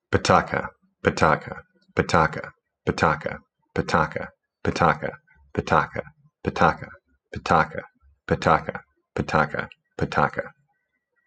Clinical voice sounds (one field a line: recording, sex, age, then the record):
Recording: repeated syllables /pa ta ka/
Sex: male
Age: 30 to 39 years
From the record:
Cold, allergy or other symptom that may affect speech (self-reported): no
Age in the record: 33 years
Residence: Virginia, United States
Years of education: 16